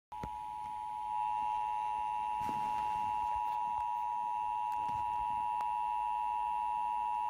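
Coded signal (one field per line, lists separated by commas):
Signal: Emergency Alert System (SAME) tones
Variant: 853 and 960 Hz attention tone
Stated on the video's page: NOAA Weather Radio flood warning from the Albany office on KSC-43, Gore Mountain NY, interrupting a flood warning EAS alert on a Vermont public FM station, 88.7 FM.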